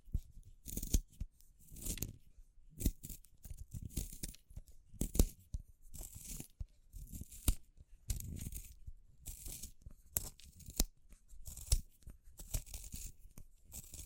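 Dry crackling and snapping of wood, bamboo and straw being handled, in irregular bursts every second or so. Sharp bright clicks and splintering sounds mix with soft low rustles, with brief quiet gaps between the louder tearing, crunching moments.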